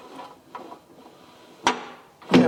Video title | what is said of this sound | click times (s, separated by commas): ToolMania 4 TON 2 koloms hefbrug installatie video PART1 | we go did you hear that click that's the first position | 1.7 s